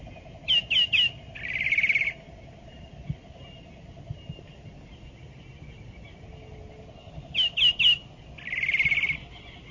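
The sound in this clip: Saltator calling: three quick sharp notes followed by a buzzy trilled note, the whole phrase given twice about seven seconds apart, over faint low hum.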